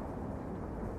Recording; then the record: background sound without coughing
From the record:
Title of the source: Train Ride Ambience ambient white noise for sleeping, focus, studying, reading